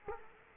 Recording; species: mosquito wingbeat signal from an infrared sensor; Culex quinquefasciatus